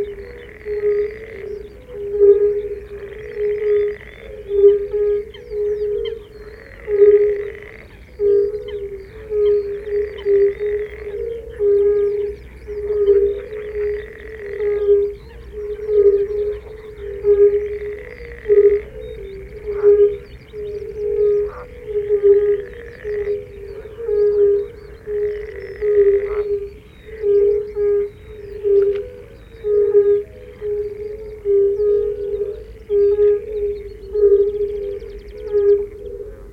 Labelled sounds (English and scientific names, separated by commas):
Fire-Bellied Toad (Bombina bombina) call